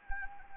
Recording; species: mosquito wingbeat signal from an infrared sensor; Anopheles gambiae